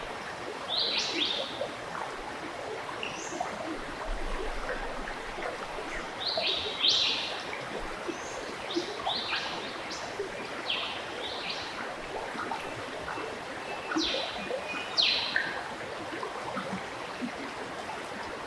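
The Esperance River rushes steadily throughout, a dense, even wash of water noise. Above it, birds call in short bright bursts every second or two, clustering around 1, 7 and 14–15 seconds, with a few sharp high chirps standing out.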